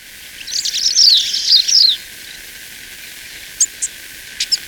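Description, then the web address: Paramo Pipit song, a quick high twittering and buzzy phrase, followed by a few isolated thin chips over faint hiss. Ecuador. "Natures Songs S America Birds of Ecuador Paramo Pipit"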